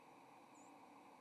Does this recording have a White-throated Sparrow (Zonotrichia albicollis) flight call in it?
yes